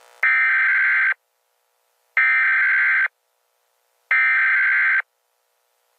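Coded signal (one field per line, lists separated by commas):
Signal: Emergency Alert System (SAME) tones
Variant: header bursts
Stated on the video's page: Fictional EAS scenario, not a real alert.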